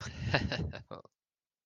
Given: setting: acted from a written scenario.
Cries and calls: vocal sound without words; amusement

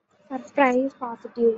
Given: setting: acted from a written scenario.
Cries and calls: vocal sound without words; positive surprise

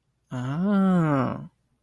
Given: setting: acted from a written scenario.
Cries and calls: vocal sound without words; realization

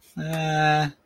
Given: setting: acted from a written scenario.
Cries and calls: vocal sound without words; neutral

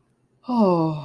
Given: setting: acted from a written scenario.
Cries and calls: vocal sound without words; serenity

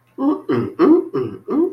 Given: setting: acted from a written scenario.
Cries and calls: vocal sound without words; romantic love

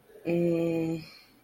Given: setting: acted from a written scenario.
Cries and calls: vocal sound without words; confusion

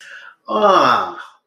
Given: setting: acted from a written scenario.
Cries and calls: vocal sound without words; realization

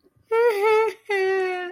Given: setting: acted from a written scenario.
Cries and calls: vocal sound without words; negative surprise

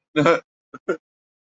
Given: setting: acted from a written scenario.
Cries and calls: vocal sound without words; sadness

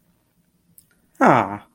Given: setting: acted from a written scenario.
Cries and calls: vocal sound without words; pride

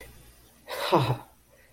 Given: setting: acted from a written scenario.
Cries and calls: vocal sound without words; ecstasy

